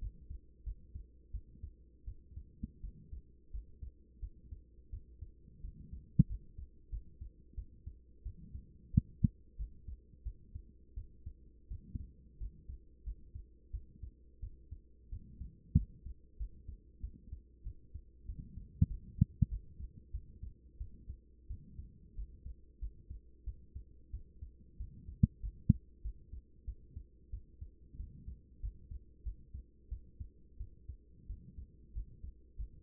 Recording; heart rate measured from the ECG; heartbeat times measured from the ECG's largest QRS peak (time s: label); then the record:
heart sounds by stethoscope; 90 bpm
0.64 s: heartbeat
1.31 s: heartbeat
2.05 s: heartbeat
2.81 s: heartbeat
3.51 s: heartbeat
4.20 s: heartbeat
4.90 s: heartbeat
5.61 s: heartbeat
6.27 s: heartbeat
6.90 s: heartbeat
7.55 s: heartbeat
8.23 s: heartbeat
8.91 s: heartbeat
9.57 s: heartbeat
10.23 s: heartbeat
10.94 s: heartbeat
11.68 s: heartbeat
12.38 s: heartbeat
13.04 s: heartbeat
13.71 s: heartbeat
14.40 s: heartbeat
15.09 s: heartbeat
15.75 s: heartbeat
16.37 s: heartbeat
17.01 s: heartbeat
17.63 s: heartbeat
18.26 s: heartbeat
18.88 s: heartbeat
19.49 s: heartbeat
20.11 s: heartbeat
20.78 s: heartbeat
21.47 s: heartbeat
22.15 s: heartbeat
22.79 s: heartbeat
23.44 s: heartbeat
24.11 s: heartbeat
24.77 s: heartbeat
25.41 s: heartbeat
26.02 s: heartbeat
26.65 s: heartbeat
27.30 s: heartbeat
27.97 s: heartbeat
28.60 s: heartbeat
29.23 s: heartbeat
29.89 s: heartbeat
30.57 s: heartbeat
31.27 s: heartbeat
31.93 s: heartbeat
32.56 s: heartbeat
From the record:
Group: healthy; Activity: rest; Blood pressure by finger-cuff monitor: 125/66 mmHg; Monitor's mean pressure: 86 mmHg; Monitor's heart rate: 91 bpm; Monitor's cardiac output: 8.2 L/min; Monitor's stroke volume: 91 mL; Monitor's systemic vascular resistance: 760 dyn s/cm5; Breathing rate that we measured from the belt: 19 breaths a minute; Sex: female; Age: 24 years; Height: 163 cm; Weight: 55.7 kg